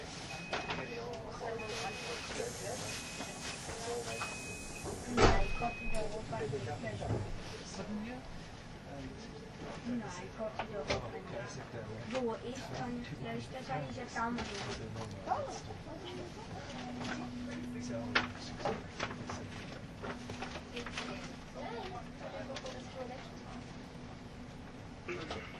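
Inside a Swiss RABDe 500 ICN tilting train on the Gotthard line, voices chatter steadily over a low, continuous running rumble. A sharp knock rings out around five seconds, with scattered clicks after, and a steady low hum sounds from about seventeen seconds onward.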